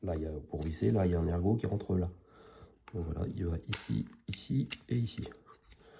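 A plastic trim piece is fitted over its locating pegs on the driver's door panel of a scale-model KITT (K2000) car, where it clips in before being fixed with two screws. Someone talks over faint handling noises. Nothing has seated or clicked yet.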